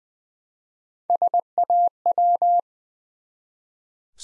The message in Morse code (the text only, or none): SAW